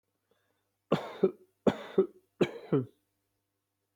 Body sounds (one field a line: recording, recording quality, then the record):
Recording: shallow voluntary cough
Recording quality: excellent, no background noise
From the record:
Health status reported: healthy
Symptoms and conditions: none ticked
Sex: male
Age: 35 years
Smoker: not ticked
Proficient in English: yes